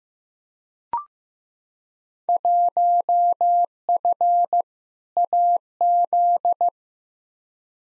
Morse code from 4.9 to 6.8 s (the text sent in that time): AZ